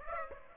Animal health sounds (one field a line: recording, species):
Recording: mosquito wingbeat signal from an infrared sensor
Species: Aedes aegypti